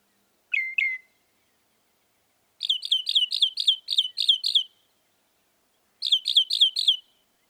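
Northern mockingbird song: two quick notes, then a fast series of about nine repeated downslurred notes, a pause, and five more of the same phrase.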